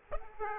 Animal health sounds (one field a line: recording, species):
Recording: mosquito wingbeat signal from an infrared sensor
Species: Aedes aegypti